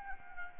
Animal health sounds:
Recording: mosquito wingbeat signal from an infrared sensor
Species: Anopheles gambiae

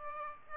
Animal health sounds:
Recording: mosquito wingbeat signal from an infrared sensor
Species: Aedes albopictus

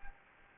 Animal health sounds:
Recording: mosquito wingbeat signal from an infrared sensor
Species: Anopheles gambiae

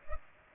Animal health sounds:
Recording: mosquito wingbeat signal from an infrared sensor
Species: Culex pipiens

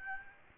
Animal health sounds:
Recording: mosquito wingbeat signal from an infrared sensor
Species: Aedes albopictus

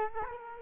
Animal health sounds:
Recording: mosquito wingbeat signal from an infrared sensor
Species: Culex quinquefasciatus

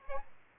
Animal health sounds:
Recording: mosquito wingbeat signal from an infrared sensor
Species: Aedes albopictus

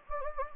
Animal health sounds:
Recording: mosquito wingbeat signal from an infrared sensor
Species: Anopheles gambiae

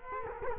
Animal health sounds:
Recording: mosquito wingbeat signal from an infrared sensor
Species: Culex quinquefasciatus

